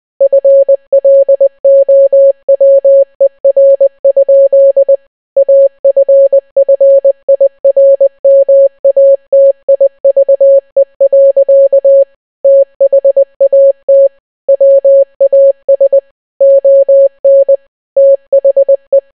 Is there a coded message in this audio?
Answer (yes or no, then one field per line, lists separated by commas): yes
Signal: Morse code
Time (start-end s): 0.2-19.0 s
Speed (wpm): 20 wpm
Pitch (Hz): 550 Hz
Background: none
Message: FLOWER? AFFIRMATIVE. THAT WAS ON THE